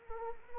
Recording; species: mosquito wingbeat signal from an infrared sensor; Anopheles arabiensis